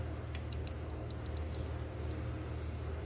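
A plastic fuel line connector, lined up with the others, is pushed down by its base onto a replacement diesel fuel injector on a 2017+ Duramax L5P engine. Sharp clicks at 0.5 s and 0.7 s, with fainter ticks around them, sound over a steady low hum. The connector clicks and is seated on the injector.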